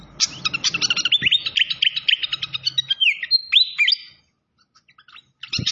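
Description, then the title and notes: Malaysian pied fantail song: a fast run of sharp chirps, then slurred whistled notes that rise and fall, a short pause, and another burst of chirps. Masteran (training recording) with a clear-voiced song mixed with the sound of trickling water. "Masteran Sikatan Kipas Suara Jernih Dan Suara Gemericik Air. Suara Burung Sikatan Londo"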